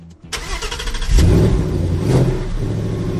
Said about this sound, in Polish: No i wszystko wiadomo. 5-litrowy silnik, 8-cylindrowy o mocy 460 koni mechanicznych. Do setki w 4,5 sekundy.